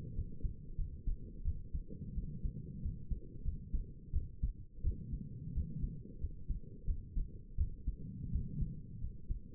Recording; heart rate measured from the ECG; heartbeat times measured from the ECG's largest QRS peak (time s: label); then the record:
heart sounds by stethoscope; 88 bpm
0.15 s: heartbeat
0.78 s: heartbeat
1.45 s: heartbeat
2.15 s: heartbeat
2.82 s: heartbeat
3.45 s: heartbeat
4.13 s: heartbeat
4.84 s: heartbeat
5.54 s: heartbeat
6.21 s: heartbeat
6.87 s: heartbeat
7.58 s: heartbeat
8.32 s: heartbeat
9.01 s: heartbeat
From the record:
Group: healthy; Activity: rest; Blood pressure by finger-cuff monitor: 121/77 mmHg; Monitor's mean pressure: 88 mmHg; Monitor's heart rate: 87 bpm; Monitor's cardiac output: 6.9 L/min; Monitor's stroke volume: 78 mL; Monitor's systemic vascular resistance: 940 dyn s/cm5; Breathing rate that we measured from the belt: 20 breaths a minute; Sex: female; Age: 22 years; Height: 163 cm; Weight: 67.1 kg